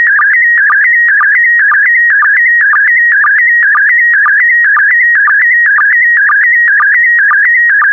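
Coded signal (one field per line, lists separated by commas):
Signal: SSTV (slow-scan television)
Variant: PD120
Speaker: complete. You can now check your decoded image against the picture that is shown on the video.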